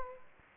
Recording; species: mosquito wingbeat signal from an infrared sensor; Anopheles gambiae